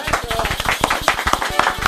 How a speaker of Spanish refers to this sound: ¡Bravo, el aplauso!